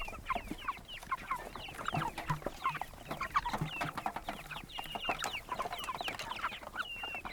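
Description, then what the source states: Chickens clucking, many short clucks with a few longer drawn notes, against a constant background hiss and some clicks. Chickens recorded on a goat farm.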